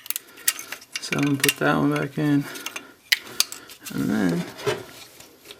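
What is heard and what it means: A wiring harness plug is being handled on a Toyota Tacoma alternator during reinstallation, with sharp metallic ticks and rattles between stretches of someone talking. The plug has not seated or clicked in yet.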